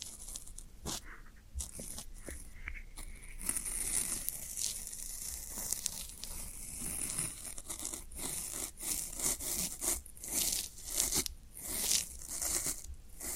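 Floral foam is scraped, rubbed and crumbled in a steady run of gritty, crackling strokes. The texture is dense and bright, with short sharp crunches every second or so, growing busier and louder after about eight seconds.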